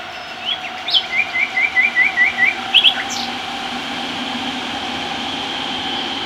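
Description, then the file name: Common nightingale delivering a run of quick, evenly repeated chirping notes over a steady low mechanical hum that continues after the bird stops. "Luscinia megarhynchos"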